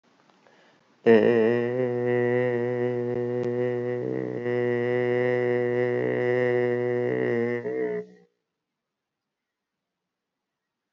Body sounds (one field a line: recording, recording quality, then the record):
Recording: sustained vowel as in made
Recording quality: excellent, no background noise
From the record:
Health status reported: healthy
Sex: male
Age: 42 years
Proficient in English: yes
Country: India